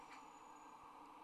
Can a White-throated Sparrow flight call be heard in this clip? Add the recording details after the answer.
no. No flight call is heard. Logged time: 07:57 on 26 November 2014